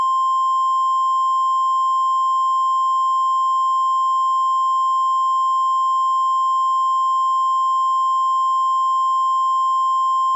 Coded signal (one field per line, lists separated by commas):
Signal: Emergency Alert System (SAME) tones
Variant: 1050 Hz attention tone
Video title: EAS tornado Warning El Paso County